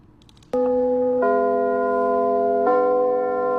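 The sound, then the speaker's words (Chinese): The curtain-up bell of the Capital Theatre rings out in three successive strikes, each adding bright, sustained harmonic tones that hang on without fading, loud and steady with no voices. “每当首都剧场的启幕钟声敲响，戏剧的神圣感就会充满舞台。”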